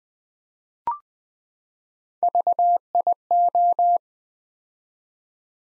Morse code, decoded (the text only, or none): VIO